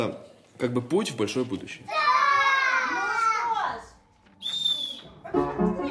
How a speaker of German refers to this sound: Kinderstimmen und fröhliches Geschrei. Solche Geräuschkulisse hört man wegen des extremen Klimas in den Straßen von Novi Urengoi fast nie.